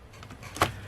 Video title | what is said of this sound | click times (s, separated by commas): Fix a Mechanical Keyboard with Soldered Switches @cloeducationtv | and it just snaps right in. | 0.6 s